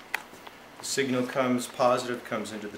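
A spade crimp connector on speaker wire is pushed onto a speaker terminal tab in a cabinet being wired, and it seats with a sharp click at 0.2 s. A fainter tick follows at 0.5 s, and then someone talks.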